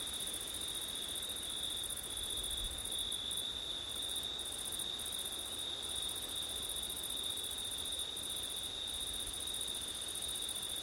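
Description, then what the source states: Crickets trill steadily at high pitch, the uppermost band cutting out in several short gaps, with low wind noise beneath. Crickets on a September night, recorded with wind; ORTF microphone setup.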